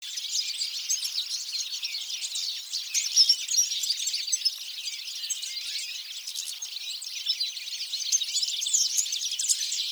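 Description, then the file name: European goldfinch giving a dense, continuous run of high-pitched tinkling twitters and chirps without pauses. "Carduelis carduelis"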